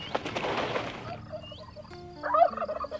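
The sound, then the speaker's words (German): A turkey gobbles in a rapid, warbling burst, followed by a few shorter, higher-pitched gobbling calls that rise and quaver before trailing off. “Dann hat er bloß einen Bock im Wind. Oder einen Truthahn.”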